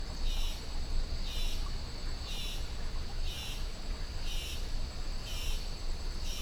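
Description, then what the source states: Insects buzzing in regular rasping pulses about once a second, seven swells over a continuous shrill background hum, with rushing river water underneath. Rainforest jungle in Costa Rica at 06:32 AM, insect chatter swelling, river present, recorded with a Holophone microphone.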